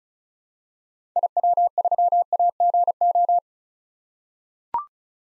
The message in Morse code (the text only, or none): IW3AGO